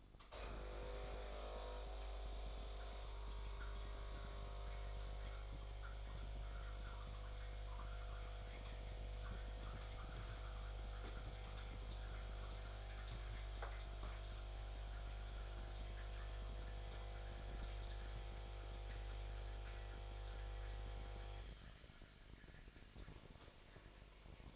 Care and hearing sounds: daily activity, microphone in the room; make coffee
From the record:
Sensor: 5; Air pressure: 1004.3 hPa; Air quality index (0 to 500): 170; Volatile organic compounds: 4 ppm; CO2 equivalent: 1597 ppm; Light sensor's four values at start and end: 36/115/43/43 and 36/115/43/43

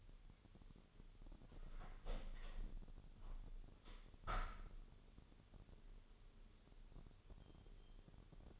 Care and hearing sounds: daily activity, microphone in the room; open window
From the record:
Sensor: 4

